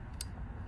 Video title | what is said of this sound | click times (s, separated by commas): Beginner Guide - DJI Spark/ Mavic Mini | make here the clip so make sure it clicks then | 0.2 s